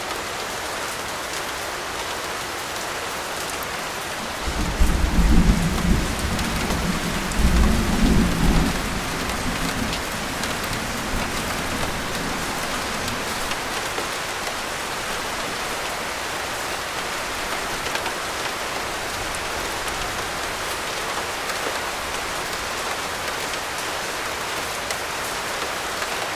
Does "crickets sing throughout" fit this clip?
no